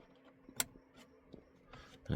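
The airbag module's wiring connector is plugged into the steering wheel harness socket while the airbag module is reinstalled during a DIY steering wheel upgrade to a yoke. A sharp click at 0.6 s confirms the connector has seated, followed by softer handling and rustling sounds near the end.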